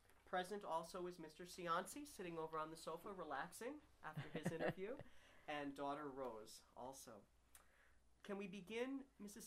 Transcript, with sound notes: Present also is Mr. Cianci, sitting over on the sofa relaxing after his interview. (laughs) And daughter Rose, also. Can we begin, Mrs.